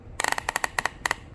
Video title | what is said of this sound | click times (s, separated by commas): Kore Essentials Belt | okay you hear it clicking | 0.2 s, 0.6 s, 0.8 s, 0.9 s, 1.1 s